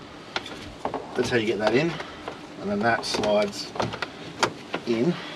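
Someone talks while handling a plastic instrument cluster as it slides toward its place in the dashboard of a Jumbuck, with brief handling taps around 0.4, 0.9, 4.4 and 4.8 seconds. Nothing has seated or clicked yet; the cluster is not yet locked into the dash.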